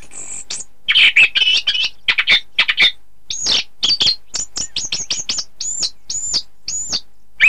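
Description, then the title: Thrush singing a fast, varied sequence: scratchy chatter early on, then a run of sharp, arched whistled notes repeated two to three times a second. "Suara Burung Anis"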